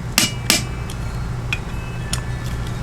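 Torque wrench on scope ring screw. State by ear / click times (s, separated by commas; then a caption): torque reached / 0.2 s, 0.5 s. A click-type torque wrench is tightening a screw on a CVLife 7075 aluminum scope ring, going back over the screw for a double click. Two sharp wrench clicks ring out at 0.2 s and 0.5 s, followed by fainter ticks near 0.9, 1.5 and 2.1 s. The screw is brought to torque.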